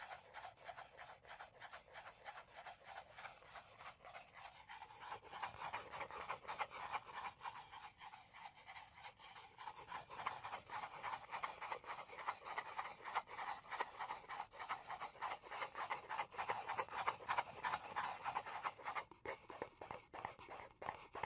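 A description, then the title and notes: Rapid scratching and scraping on a hard surface, like scraping the bottom of a bowl, continues with no talking. The strokes are dense and quick, fairly bright, and grow slightly louder after about ten seconds, with a few short breaks near the end. Scraping the bottom of the bowl.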